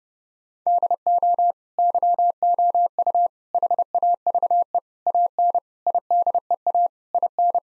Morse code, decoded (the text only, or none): DO YOU HAVE AN IDEA IN